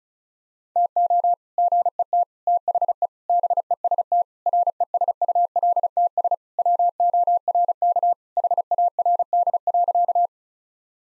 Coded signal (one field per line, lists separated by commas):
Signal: Morse code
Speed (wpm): 34 wpm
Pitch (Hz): 700 Hz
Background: none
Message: TO GET THE BEST RESULTS WORK HARD.